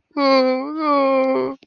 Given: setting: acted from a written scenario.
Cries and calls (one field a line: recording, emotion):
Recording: vocal sound without words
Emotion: sadness